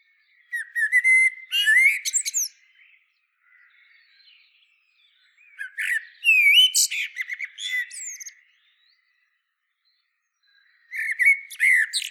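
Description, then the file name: Common blackbird singing three mellow, fluting phrases that rise and fall, each finishing in sharp high-pitched twittering, with pauses of a few seconds between them. "Turdus merula"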